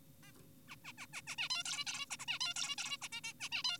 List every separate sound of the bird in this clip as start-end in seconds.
0.23-0.32, 0.68-0.76, 0.85-0.93, 0.98-1.06, 1.13-1.22, 1.27-1.36, 1.38-1.49, 1.50-1.63, 1.66-1.85, 1.87-2.06, 2.11-2.17, 2.20-2.26, 2.28-2.39, 2.41-2.54, 2.56-2.76, 2.78-2.98, 3.02-3.08, 3.12-3.21, 3.24-3.33, 3.40-3.49, 3.52-3.63, 3.64-3.78